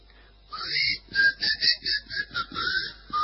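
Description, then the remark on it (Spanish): A person whistles a short, bouncy tune of about eight clear, high-pitched notes, rising and falling in a steady rhythm, fairly loud with no talking over it. “Si te gusta silbar...”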